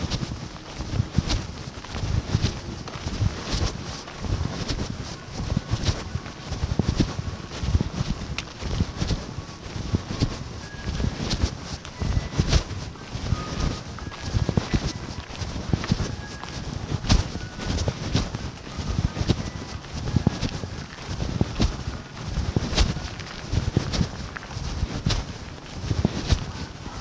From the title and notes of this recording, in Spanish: Amanecer en el NIRD Hyderabad. Hyderabad - India.